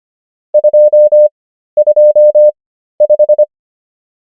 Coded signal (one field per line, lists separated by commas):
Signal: Morse code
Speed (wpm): 25 wpm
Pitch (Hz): 600 Hz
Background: none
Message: 225